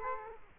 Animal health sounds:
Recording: mosquito wingbeat signal from an infrared sensor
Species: Culex quinquefasciatus

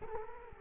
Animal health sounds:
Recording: mosquito wingbeat signal from an infrared sensor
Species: Culex quinquefasciatus

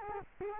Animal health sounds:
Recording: mosquito wingbeat signal from an infrared sensor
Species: Culex quinquefasciatus

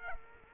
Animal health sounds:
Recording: mosquito wingbeat signal from an infrared sensor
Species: Culex quinquefasciatus

